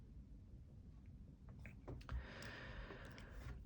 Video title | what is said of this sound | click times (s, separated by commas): 3B Medical - Luna G3 PAP Overview & Setup | to get it back you just kind of rest it on the side and then push down and you'll hear it snap into place | 2.1 s